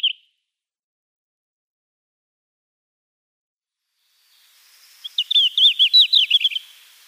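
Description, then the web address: Red-flanked bluetail song: a brief high note at the start, then after a pause a short quick phrase of several clear, slurred whistled notes. "Schulze Peter Red-flanked Bluetail song"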